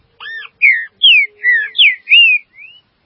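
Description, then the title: Green-winged saltator delivers a short, rich phrase of about seven whistled notes, each sliding down or arching, ending on a fainter upslur. "Trinca Ferro"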